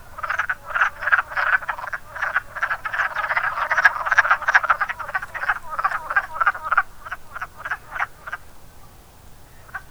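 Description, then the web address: Wood frog chorus of rapid, raspy duck-like clucks, dense for eight seconds and then thinning to near quiet at the end. "zoology woodfrog"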